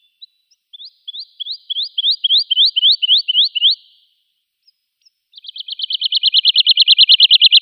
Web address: Schulze Peter Wood Lark song